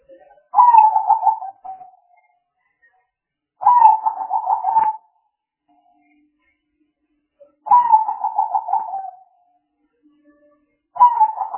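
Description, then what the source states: Spotted dove giving repeated throaty, rolling coos, each phrase about one and a half seconds long and recurring every three to four seconds, with quiet pauses between. Spotted dove calls used as a lure (pikat) to attract the birds.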